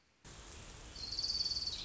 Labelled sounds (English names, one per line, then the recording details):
Orange-crowned Warbler
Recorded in Sonoma County, California